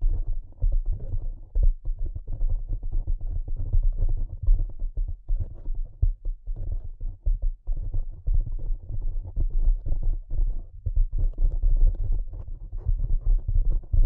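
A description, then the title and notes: Soft, rapid tapping continues for the whole fourteen seconds, dense and fairly even, with brief pauses around six, seven and a half, and eleven seconds. The taps are muffled and deep, with a low rumbling fullness underneath and almost no brightness. ASMR Delicate Tapping (No Talking).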